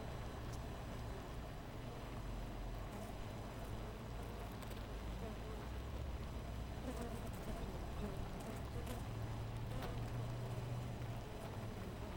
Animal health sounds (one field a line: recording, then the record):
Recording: honeybee colony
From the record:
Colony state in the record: missing queen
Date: 14 July 2017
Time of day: 4:46